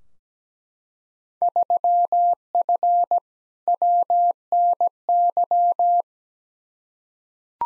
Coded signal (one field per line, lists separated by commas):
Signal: Morse code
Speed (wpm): 17 wpm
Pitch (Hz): 700 Hz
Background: none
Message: 3F WNY